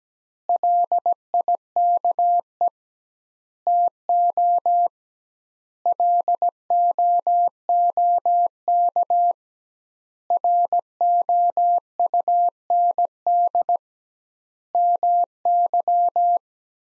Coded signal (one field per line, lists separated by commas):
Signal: Morse code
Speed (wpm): 17 wpm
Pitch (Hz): 700 Hz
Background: none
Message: LIKE TO LOOK ROUND MY